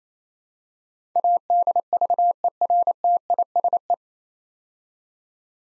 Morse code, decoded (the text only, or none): ADVERTISE